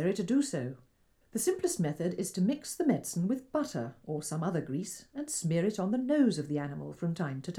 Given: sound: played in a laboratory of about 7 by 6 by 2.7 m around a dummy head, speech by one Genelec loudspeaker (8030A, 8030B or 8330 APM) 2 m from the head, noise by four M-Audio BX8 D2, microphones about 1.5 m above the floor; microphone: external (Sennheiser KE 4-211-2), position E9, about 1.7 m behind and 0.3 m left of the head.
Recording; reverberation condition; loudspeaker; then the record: female speech in English; low; 150 degrees to the left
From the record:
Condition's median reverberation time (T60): about 310 ms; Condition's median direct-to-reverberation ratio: about 3.5 dB